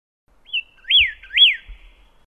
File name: suara kicauan burung pyrrhuloxia. omkicau